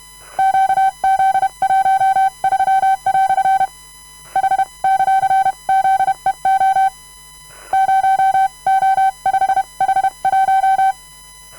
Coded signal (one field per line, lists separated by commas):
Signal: Morse code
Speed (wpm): 31 wpm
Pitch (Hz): 770 Hz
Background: none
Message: QZ13" H;ZEO 0O5H1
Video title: Edy Boget de YB1JCD sending random morse code all characters, numbers and punctuation